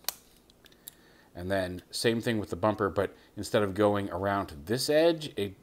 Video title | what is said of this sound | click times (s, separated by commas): Video Review: 52Toys Mega Box - TMNT MICHELANGELO and RAPHAEL | just until they click they don't come down super far there's just enough clearance there but slide those down | 0.1 s, 0.9 s